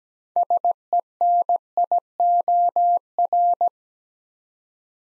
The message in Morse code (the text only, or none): SENIOR